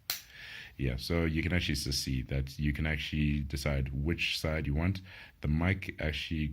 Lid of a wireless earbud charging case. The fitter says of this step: also when closing the case as well it has a nice clicky feel to it yeah